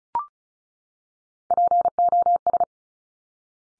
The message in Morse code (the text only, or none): POS